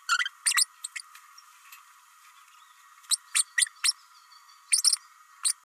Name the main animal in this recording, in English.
Green-rumped Parrotlet